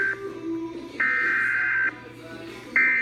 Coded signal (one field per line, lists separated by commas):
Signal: Emergency Alert System (SAME) tones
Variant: header bursts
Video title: EAS #80 Severe Thunderstorm Warning